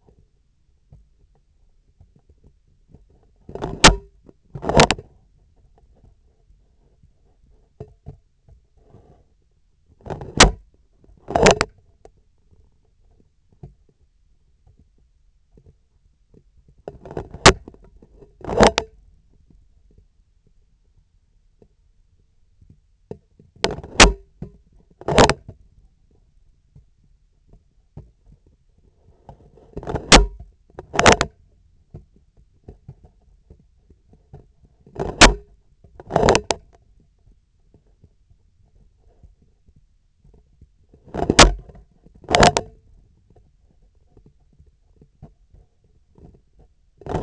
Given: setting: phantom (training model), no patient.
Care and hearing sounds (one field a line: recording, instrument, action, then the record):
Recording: laparoscopic instrument, vibration sensor on the handle end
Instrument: scissors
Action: opening and closing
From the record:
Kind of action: tool actuation without material contact